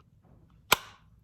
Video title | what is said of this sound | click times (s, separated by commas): BE+Reviews: Springfield Hellcat Holster Reviews by Average, Everyday Guy. | and it just snaps in um looks really good as you can see it looks really good | 0.7 s